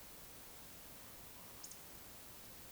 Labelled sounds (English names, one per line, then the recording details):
Eurasian Woodcock whistle
Eurasian Woodcock croak
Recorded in Baden-Württemberg, Germany, on 20 May 2021 at 19:55 UTC
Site 24606, 635 m above sea level